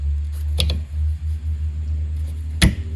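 On a 2017-2024 Chrysler Pacifica, the new rear wiper arm's plastic housing is tilted in at an angle so its inner stud slides into the circular insert on the wiper pivot housing. Two light ticks sound at 0.6 s and 0.7 s, then a loud, short hit at 2.6 s as the stud seats home. The rear tension tab has not yet been pressed in and locked.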